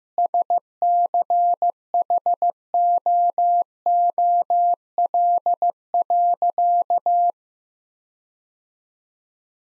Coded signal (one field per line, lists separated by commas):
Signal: Morse code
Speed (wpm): 16 wpm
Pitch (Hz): 700 Hz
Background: none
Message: SCHOOL.